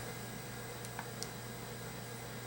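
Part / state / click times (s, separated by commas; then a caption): hinged lid of a cushion foundation compact / not seated / none. The closed hinged plastic lid of a L'Oreal True Match Lumi Cushion Foundation compact is pressed shut again, giving only faint ticks at about 0.9, 1.0 and 1.2 seconds over a steady low hum. No snap has happened yet: the lid feels sealed, but it doesn't snap the way other people's compacts did.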